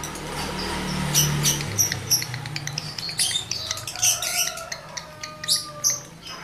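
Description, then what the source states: Lovebird chattering song of rapid squeaks and clicks repeated several times a second, over a low humming drone at first. Male lovebird in breeding condition; recording used as a lure to stimulate other lovebirds to sing energetically.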